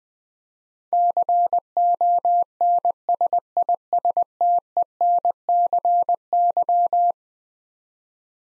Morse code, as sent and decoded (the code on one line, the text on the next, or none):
-.-. --- -. ... .. ... - . -. -.-. -.--
CONSISTENCY